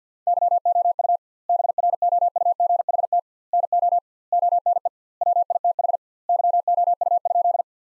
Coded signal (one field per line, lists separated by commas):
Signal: Morse code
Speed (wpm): 50 wpm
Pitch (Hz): 700 Hz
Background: none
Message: YOU BROUGHT NO ONE WITH YOU?